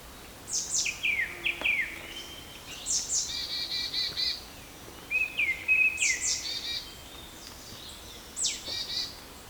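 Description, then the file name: Marsh tit calls: sharp, high notes slurring steeply downward, each series followed by a short buzzy, rattling chatter, repeated about every two to three seconds. "Poecile palustris"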